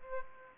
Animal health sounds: mosquito wingbeat signal from an infrared sensor; Aedes aegypti

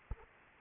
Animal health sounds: mosquito wingbeat signal from an infrared sensor; Anopheles arabiensis

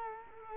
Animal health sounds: mosquito wingbeat signal from an infrared sensor; Culex quinquefasciatus

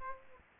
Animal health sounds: mosquito wingbeat signal from an infrared sensor; Aedes aegypti

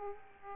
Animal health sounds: mosquito wingbeat signal from an infrared sensor; Aedes aegypti

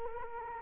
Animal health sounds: mosquito wingbeat signal from an infrared sensor; Culex quinquefasciatus

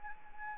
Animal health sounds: mosquito wingbeat signal from an infrared sensor; Anopheles arabiensis

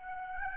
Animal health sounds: mosquito wingbeat signal from an infrared sensor; Aedes albopictus

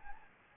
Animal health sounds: mosquito wingbeat signal from an infrared sensor; Anopheles gambiae

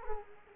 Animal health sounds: mosquito wingbeat signal from an infrared sensor; Culex quinquefasciatus

